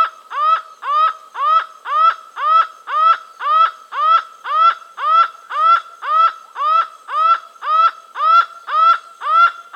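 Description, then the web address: Laughing falcon call: a long, steady series of loud, ringing notes repeated about twice per second at an even pace, with no other sounds. South America. "Natures Songs S America Laughing Falcon"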